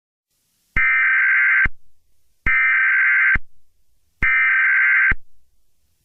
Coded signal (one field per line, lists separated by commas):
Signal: Emergency Alert System (SAME) tones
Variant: header bursts